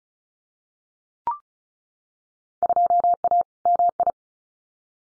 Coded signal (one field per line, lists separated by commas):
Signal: Morse code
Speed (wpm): 36 wpm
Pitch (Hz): 700 Hz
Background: none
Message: 2A MI